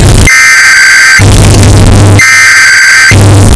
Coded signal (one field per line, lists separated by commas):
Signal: Emergency Alert System (SAME) tones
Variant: header bursts